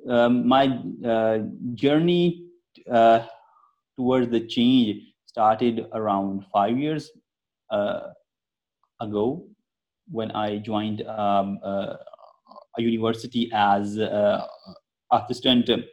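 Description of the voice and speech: Slow adult male speech with long silent pauses, stretched sounds and a sound repetition, consistent with stuttering: a man with a persistent, lifelong stammer who uses fluency techniques but is not always fluent.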